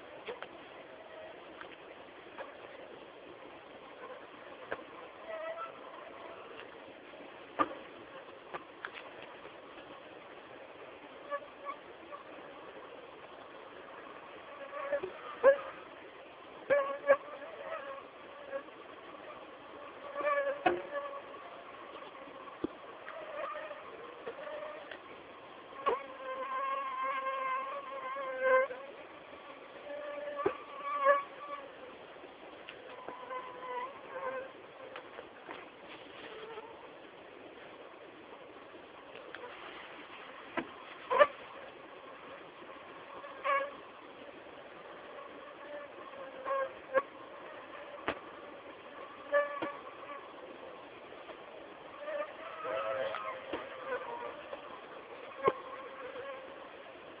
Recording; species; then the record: mosquito flight sound by mobile phone; Anopheles gambiae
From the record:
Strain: Kisumu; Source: CDC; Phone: Samsung T209